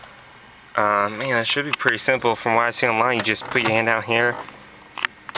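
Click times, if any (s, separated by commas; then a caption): 5.1 s, 5.3 s. Someone talks while pulling a plastic dash console trim panel outward by hand on a 1997–2001 Jeep Cherokee XJ, removing it to reach the radio for a 7" touchscreen single-DIN stereo install. Two sharp snaps at 5.1 s and 5.3 s mark the panel's retaining clips popping loose, releasing the trim.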